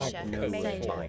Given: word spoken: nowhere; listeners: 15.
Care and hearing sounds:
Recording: one English word in noise, from a listening test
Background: four-talker babble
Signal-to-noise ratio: -1.5 dB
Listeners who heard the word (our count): 2 of 15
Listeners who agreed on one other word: 6 of 15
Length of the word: 0.69 s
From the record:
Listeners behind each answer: 6, 2, 2, 1, 1, 1, 1, 1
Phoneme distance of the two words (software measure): 27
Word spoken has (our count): 2 syllables, 4 phonemes, stress on syllable 1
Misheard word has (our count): 1 syllable, 3 phonemes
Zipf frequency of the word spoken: 4.57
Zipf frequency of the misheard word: 4.41

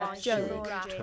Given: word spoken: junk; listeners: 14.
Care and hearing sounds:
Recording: one English word in noise, from a listening test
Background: four-talker babble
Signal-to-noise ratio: 0.9 dB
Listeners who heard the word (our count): 2 of 14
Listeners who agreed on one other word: 10 of 14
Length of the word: 0.63 s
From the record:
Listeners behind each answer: 10, 2, 1, 1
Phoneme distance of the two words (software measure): 17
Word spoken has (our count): 1 syllable, 4 phonemes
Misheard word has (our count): 1 syllable, 3 phonemes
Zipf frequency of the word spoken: 3.97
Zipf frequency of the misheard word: 4.59

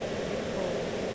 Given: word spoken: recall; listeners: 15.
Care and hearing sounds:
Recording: one English word in noise, from a listening test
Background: speech-shaped noise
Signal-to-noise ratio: -5.0 dB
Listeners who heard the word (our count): 2 of 15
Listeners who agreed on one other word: 6 of 15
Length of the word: 0.74 s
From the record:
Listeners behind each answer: 6, 2, 1, 1, 1, 1, 1, 1, 1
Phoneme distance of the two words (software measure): 27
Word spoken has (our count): 2 syllables, 5 phonemes, stress on syllable 2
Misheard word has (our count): 2 syllables, 4 phonemes, stress on syllable 2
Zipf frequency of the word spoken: 4.08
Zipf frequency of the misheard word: 5.88

